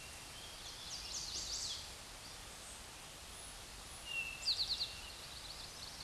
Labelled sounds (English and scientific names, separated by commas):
Eastern Towhee (Pipilo erythrophthalmus) song